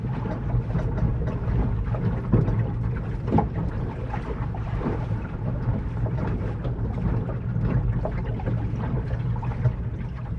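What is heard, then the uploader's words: Sailing sounds: a steady, dense low rumble with a constant hum from the boat, overlaid by irregular splashes and knocks of water against the hull. Brief louder surges come around two to three seconds and again near five, with wind in the background. The sounds of sailing. The sound of water, especially when filtered through a medium that subtly dampens the high frequencies. Recorded with Sound Devices Mixpre 6ii and Sennheiser MKH 8020.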